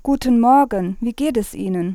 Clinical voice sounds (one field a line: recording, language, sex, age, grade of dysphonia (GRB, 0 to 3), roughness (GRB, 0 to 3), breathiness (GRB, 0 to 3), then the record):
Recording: spoken sentence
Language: German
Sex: female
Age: 40 to 49 years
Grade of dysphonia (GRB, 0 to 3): 0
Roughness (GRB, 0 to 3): 0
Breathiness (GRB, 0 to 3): 0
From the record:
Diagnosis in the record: healthy voice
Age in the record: 44 years